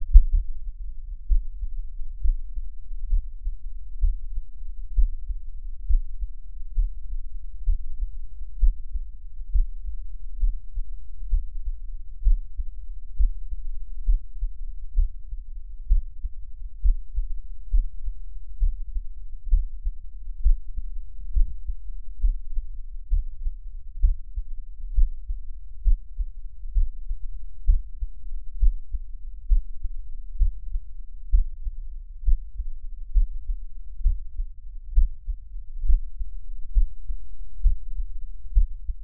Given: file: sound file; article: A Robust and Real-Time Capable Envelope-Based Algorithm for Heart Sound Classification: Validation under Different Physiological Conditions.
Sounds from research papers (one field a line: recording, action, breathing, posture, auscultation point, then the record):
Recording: heart sounds by electronic stethoscope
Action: rest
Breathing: normal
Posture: lying on back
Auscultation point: Erb’s point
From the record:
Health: healthy, no known heart disease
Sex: male